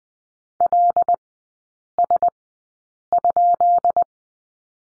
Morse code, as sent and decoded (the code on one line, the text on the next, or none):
.-.. ... ..--..
LS?